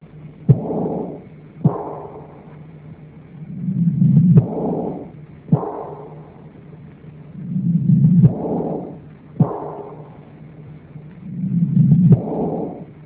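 Adult heart heard by stethoscope: an Austin Flint murmur.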